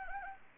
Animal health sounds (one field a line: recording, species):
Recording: mosquito wingbeat signal from an infrared sensor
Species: Anopheles arabiensis